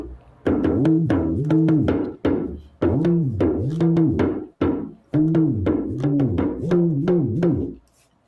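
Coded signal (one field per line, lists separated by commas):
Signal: talking drum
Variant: Yoruba dùndún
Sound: four phrases of quick drum strokes whose low pitch swoops up and down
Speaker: So you could do certain calls on the drum uh when you squeeze it and when uh you let it go.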